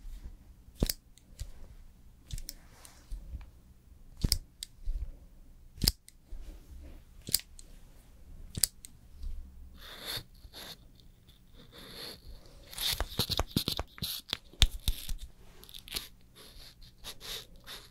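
Sharp clicks and snips from makeup and hair styling tools come every second or two at first, over a low steady hum. After about ten seconds the handling gets busier, with dense crackling, rustling and brushing sounds through to the end.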